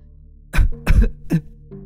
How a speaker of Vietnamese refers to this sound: ôm cổ ho lên mấy tiếng.